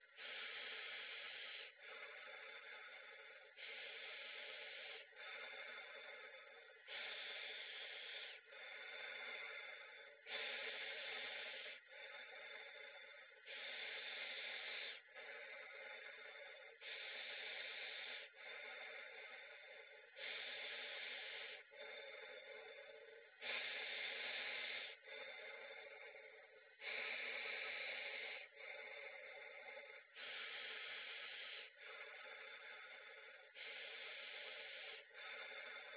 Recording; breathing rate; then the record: paced breathing near a phone; 18 breaths a minute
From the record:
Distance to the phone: 20 cm